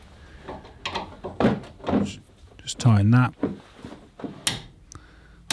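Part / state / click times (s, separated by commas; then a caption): torque wrench on new front suspension nut / torque reached / 5.5 s. A torque wrench set to 50 Nm tightens the new front nearside suspension nut on a 2007 Ford Focus Mk2 during a suspension spring replacement. Someone talks while several short metallic knocks and taps sound. The wrench gives a sharp click at 5.5 s, confirming the nut is torqued to 50 Nm.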